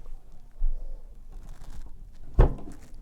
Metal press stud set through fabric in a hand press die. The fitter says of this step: we go but you can hear it kind of click in place so